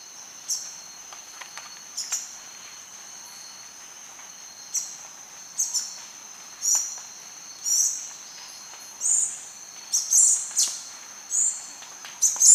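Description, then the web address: Ochre-breasted tanager calls, high, short notes at irregular intervals, growing more frequent toward the end, over a thin steady whine. Ecuador. "Natures Songs S America Birds of Ecuador Ochre-breasted Tanager"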